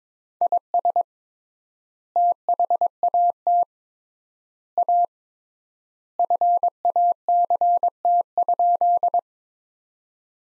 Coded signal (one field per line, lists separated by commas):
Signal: Morse code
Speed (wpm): 22 wpm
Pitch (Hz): 700 Hz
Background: none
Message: IS THAT A FACT?